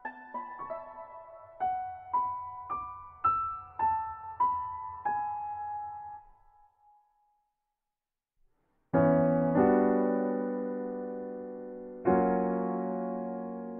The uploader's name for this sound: OST with rain ambience